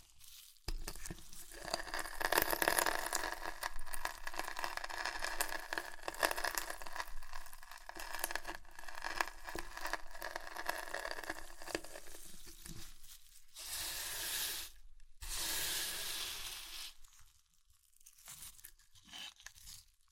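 Crunchy chips are crushed in dense, crackling bursts that thin out near the end, with sharp crinkling bursts around thirteen and fifteen seconds.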